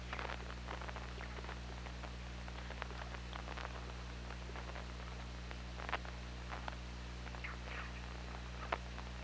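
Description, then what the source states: Killer whale clicks patter irregularly throughout, joined near the end by a couple of short tonal squeals, over steady low hum. Recorded on the OrcaLab hydrophone on 24 August 2017 at 21:28.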